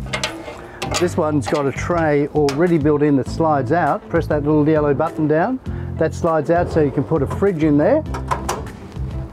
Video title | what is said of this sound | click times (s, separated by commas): River Caravans Handover Video | just hear that click when you close it | 8.5 s